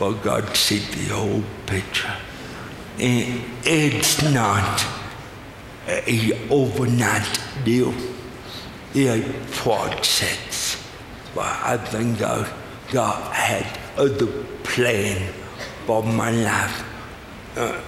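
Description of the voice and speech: An adult man speaks slowly and effortfully, in short phrases broken by gaps of over a second, with drawn-out vowels, creaky, strained voicing and imprecise consonants. This is dysarthric speech in a man born with cerebral palsy.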